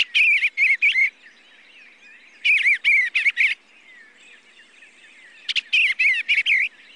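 Eastern Bluebird song: three clusters of short warbled, slurred notes, a few seconds apart.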